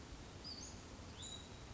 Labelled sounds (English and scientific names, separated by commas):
Western Flycatcher (Empidonax difficilis)